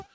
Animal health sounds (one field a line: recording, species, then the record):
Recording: mosquito flight sound by mobile phone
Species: Aedes sierrensis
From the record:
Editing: cut to the mosquito's sound